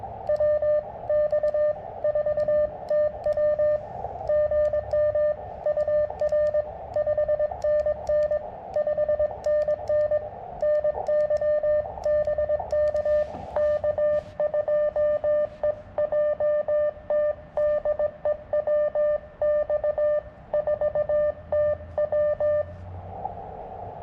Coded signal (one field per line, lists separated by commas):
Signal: Morse code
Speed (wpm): 20 wpm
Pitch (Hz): 590 Hz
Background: radio noise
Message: WX4TW GM UR 5NN 5NN NY BK K2EJT DE WX4TW